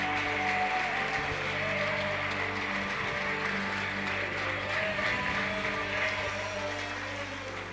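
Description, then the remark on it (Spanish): An audience at a church meeting claps steadily and loudly, giving applause to God, a dense wash of applause over sustained keyboard-like tones, easing off slightly toward the end. “¿Cuánto le dan un fuerte aplauso a Dios?”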